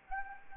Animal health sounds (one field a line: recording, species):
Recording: mosquito wingbeat signal from an infrared sensor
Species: Anopheles gambiae